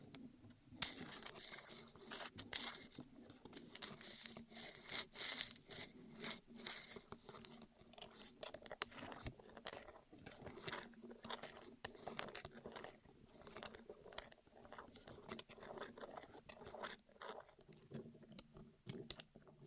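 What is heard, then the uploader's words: ASMR rolling sounds on the ears: a soft, continuous rustling and rolling texture with dense crackly clicks and taps throughout. A brighter hissing swell occurs around three to seven seconds, and a low hum stays underneath the whole time. ASMR Rolling On Your Ears (No Talking).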